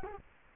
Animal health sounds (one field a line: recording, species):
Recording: mosquito wingbeat signal from an infrared sensor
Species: Culex quinquefasciatus